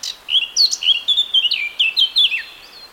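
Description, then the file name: Eurasian blackcap song: a rich run of loud, fluty whistled notes, fast and varied, sweeping up and down, ending with a falling slur. "Sylvia atricapilla"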